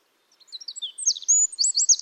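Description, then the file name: Eurasian wren song: very high, thin notes that start soft and scattered, then quickly grow louder into a rapid, ringing run of sharp trilled notes. "Troglodytes troglodytes"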